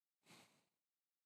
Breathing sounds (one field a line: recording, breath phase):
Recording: one breath near a microphone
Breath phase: exhalation